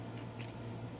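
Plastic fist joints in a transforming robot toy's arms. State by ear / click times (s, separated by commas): not seated / none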